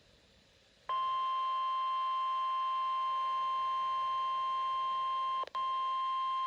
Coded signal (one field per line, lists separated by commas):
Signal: Emergency Alert System (SAME) tones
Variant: 1050 Hz attention tone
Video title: NOAA Weather Radio - Required Weekly Test [EAS #66] (12/30/21)